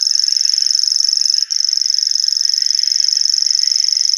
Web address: Schulze Peter Grasshopper Warbler song